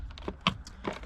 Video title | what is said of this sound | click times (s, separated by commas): HOW TO: Install 360/Backup Camera on Lexus GX470 | see this pops right in | 0.5 s